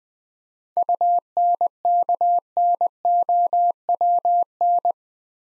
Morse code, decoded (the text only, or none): UNKNOWN